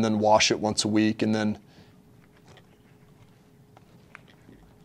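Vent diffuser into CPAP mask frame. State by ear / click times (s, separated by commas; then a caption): seated / 4.2 s. Someone talks, then refits the small plastic vent diffuser into the frame of a ResMed N30i/P30i CPAP mask after cleaning, with faint handling noises. A sharp, short click at 4.2 s marks the diffuser popping back into place, seated.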